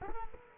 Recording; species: mosquito wingbeat signal from an infrared sensor; Culex quinquefasciatus